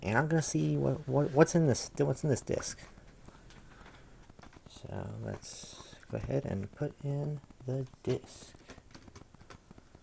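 Someone talks while handling a plastic CD over the spindle hub of a laptop's optical drive tray, before pressing it on. Light taps and clicks come between the speech around 3.5–4.4 seconds and in a cluster from 8.7 to 9.7 seconds. The disc has not snapped onto the spindle yet, so nothing has seated.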